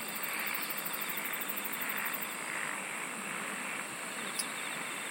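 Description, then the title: Steady high-pitched insect buzzing with rapid pulsed trills fading in and out, and a single sharp click near the end. "SINGING OF INSECTS"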